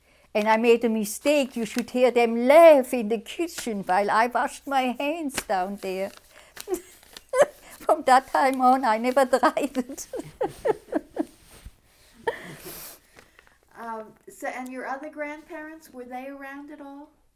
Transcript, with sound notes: And I made a mistake, you should hear them laugh in the kitchen while wash my hands down there. (she laughs) From that time on I never tried it.
And your other grandparents, were they around at all?